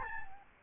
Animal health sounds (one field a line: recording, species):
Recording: mosquito wingbeat signal from an infrared sensor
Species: Aedes albopictus